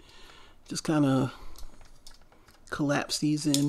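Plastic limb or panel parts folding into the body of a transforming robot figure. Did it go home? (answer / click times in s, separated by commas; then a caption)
no / none. Plastic limb or panel parts of a Transformers War For Cybertron Earthrise Deluxe Class Arcee action figure are collapsed inward toward the robot's body while someone talks. Soft plastic handling taps are heard between the speech, but nothing has seated or clicked into place yet.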